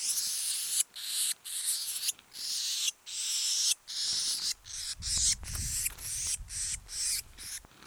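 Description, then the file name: Eurasian blue tit giving harsh, hissing churring bursts in quick irregular succession, roughly one or two a second, with a low rumbling noise near the end. "Cyanistes caeruleus"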